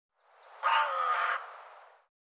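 Bird calling once with a long raspy caw, preceded by a faint thin chirp.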